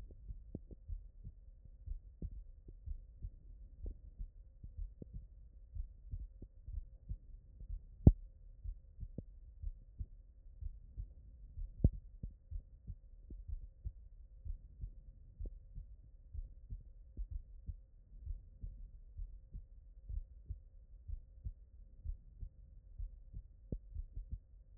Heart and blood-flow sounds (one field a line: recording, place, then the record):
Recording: heart sounds by stethoscope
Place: aortic valve (AV)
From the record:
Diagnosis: non-HFrEF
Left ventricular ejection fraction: 64%